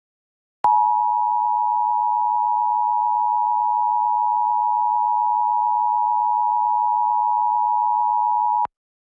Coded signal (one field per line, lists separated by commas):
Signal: Emergency Alert System (SAME) tones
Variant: 853 and 960 Hz attention tone